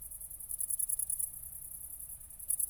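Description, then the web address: Cricket giving high, rapid pulsed chirps in short bursts separated by quiet gaps, over a low background hum. Recorded at night, around 00:53, on 4 August 2014 at Nordring, Kirchmöser, Brandenburg, Germany. "aporee City Country Me Brandenburg Kirchmoeser Nordring Grillen 201408040053 OLBIN"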